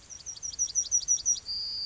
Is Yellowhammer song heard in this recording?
yes